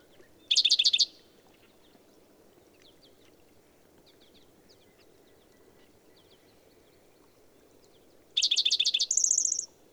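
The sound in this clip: Bird song in two short bursts several seconds apart: dense, buzzy high trills, the second ending on a sustained thin whistle, with quiet background hiss between.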